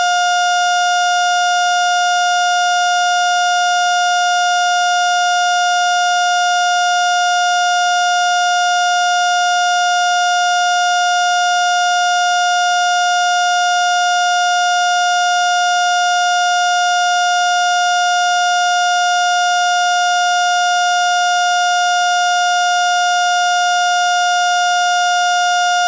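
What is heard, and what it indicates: A single unbroken mid-pitched electronic tone from a heart monitor holds for about 26 seconds: a flatline alarm.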